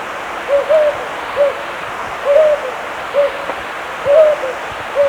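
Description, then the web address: Jocotoco antpitta giving several soft, low hoots, some single and some in quick pairs, against a steady hiss. Ecuador. "Birds of Ecuador 2. Jocotoco Antpitta"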